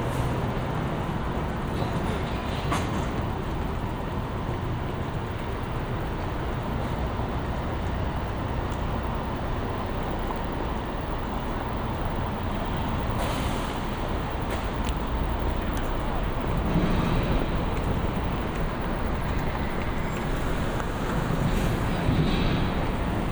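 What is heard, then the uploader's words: A city walk with a steady, dense rumble of traffic filling the low end throughout. Brief brighter hisses and clicks cut through around 3, 13 and 22 seconds, like air brakes or passing vehicles, with soft thumps near the end. 喧騒と静寂の街を歩く（Binaural）-Walk around the city. バイノーラルで街を歩いてみました。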